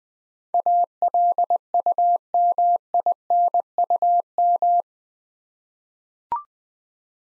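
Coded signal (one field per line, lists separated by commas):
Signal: Morse code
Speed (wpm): 20 wpm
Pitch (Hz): 700 Hz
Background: none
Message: ALUMINUM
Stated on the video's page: Morse practice at 20 wpm sending 8-letter words for head-copy training.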